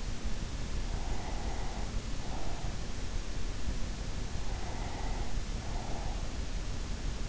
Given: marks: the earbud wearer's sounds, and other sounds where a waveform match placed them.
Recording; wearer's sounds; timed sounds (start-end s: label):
sounds in sleep by an in-ear microphone; breath
0.77-3.17 s: breath
4.29-6.69 s: breath